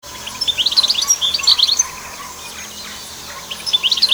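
Canary song: fast, high, warbling trills in a busy burst over the first two seconds, a short pause, then another rapid trilled phrase at the end.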